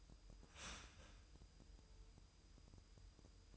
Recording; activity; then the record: daily activity, microphone in the room; start toaster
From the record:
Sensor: 2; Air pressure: 988.4 hPa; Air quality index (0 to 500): 191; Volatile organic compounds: 185 ppm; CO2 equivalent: 4160 ppm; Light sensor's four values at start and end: 20/68/26/25 and 20/68/26/25